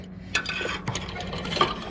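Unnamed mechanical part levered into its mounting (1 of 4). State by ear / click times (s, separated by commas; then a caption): not seated / none. A rigger's wrench levers an unnamed mechanical part toward its mounting, the first of four, after an awkward pulling-down, pushing-up struggle. Sharp metallic clinks and knocks land at about 0.4, 1.0, 1.6 and 1.9 seconds over a steady low hum. Nothing has seated or clicked yet.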